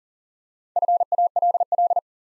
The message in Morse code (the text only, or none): FALL